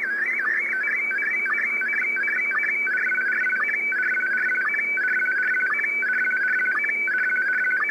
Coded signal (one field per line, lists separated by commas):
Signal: SSTV (slow-scan television)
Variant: Scottie DX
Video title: Общий вызов SSTV на частоте 7165 кГц, на 5 и 100 ваттах, с контролем через немецкий WEB SDR